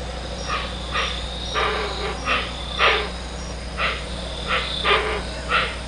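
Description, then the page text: Hoatzin producing softer, breathy grating calls spaced about half a second to a second apart, with a steady hum in the background. "Гоацин - Hoatzin (Opisthocomus hoazin)"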